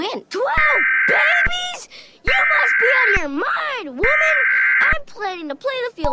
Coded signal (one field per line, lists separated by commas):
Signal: Emergency Alert System (SAME) tones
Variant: header bursts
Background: speech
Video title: EAS SCENARIO BACKWARDS TIME